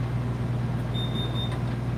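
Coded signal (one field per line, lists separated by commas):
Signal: none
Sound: an emergency beacon's beeps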